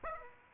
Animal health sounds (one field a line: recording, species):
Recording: mosquito wingbeat signal from an infrared sensor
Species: Aedes aegypti